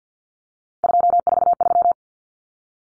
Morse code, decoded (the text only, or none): 243